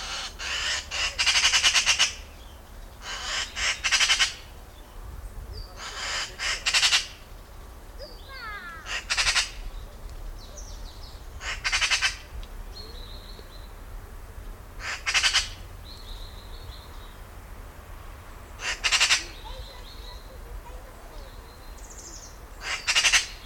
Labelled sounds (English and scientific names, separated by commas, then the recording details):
Eurasian Magpie (Pica pica) call
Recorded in the wild
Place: Karower Teiche, Naturpark Barnim, Berlin, DE
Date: 1992-09-27 11:20
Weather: sonnig, 17-22 °C
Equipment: Marantz CP 430, Sennheiser ME 80, Kopie Tesla B 116
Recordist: Tembrock, Günter